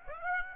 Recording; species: mosquito wingbeat signal from an infrared sensor; Aedes aegypti